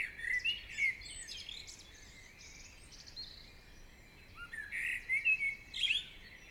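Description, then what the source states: Birds singing in a chorus: overlapping high chirps and whistled phrases, with louder bursts near the start and again after four seconds, over a steady soft hiss. Birds singing in the morning.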